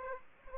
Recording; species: mosquito wingbeat signal from an infrared sensor; Aedes aegypti